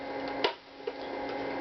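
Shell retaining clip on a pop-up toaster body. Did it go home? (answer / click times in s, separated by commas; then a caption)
released / 0.4 s. Heavy pressure is applied to pry apart the shell of a Toastmaster 1B14 pop-up toaster during its repair, until a retaining clip on the toaster body lets go with a sharp snap at 0.5 s. A fainter tick follows at about 0.9 s over a steady background hum, and the clip is released.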